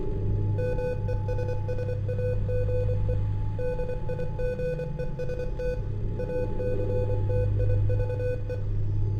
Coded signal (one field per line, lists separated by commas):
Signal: Morse code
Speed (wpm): 24 wpm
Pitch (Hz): 500 Hz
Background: none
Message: MESSAGE DIGEST ACTIVE